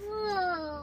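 An infant crying in the background, a boy just under six months old.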